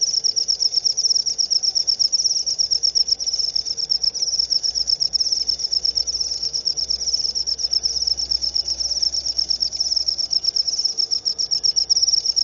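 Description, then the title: Cricket giving a continuous, very high, rapid buzzing trill over a faint low hum and background noise. Loud cricket chirping played to make lovebirds sing continuously; Indonesian terms ngerik for the cricket's chirp and ngekek for the lovebird's extended song. "Suara JANGKRIK NGERIK Keras Bikin LOVEBIRD Jadi NGEKEK Terus Vubey"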